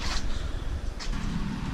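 An unnamed part, possibly a socket on a fastener, is being worked onto a car's rear hub near the U-joints during rear hub disassembly. The clip has a steady low rumble with two brief hissing, scraping bursts near 0.1 and 1.0 seconds and no distinct hits. The part has not seated or clicked yet.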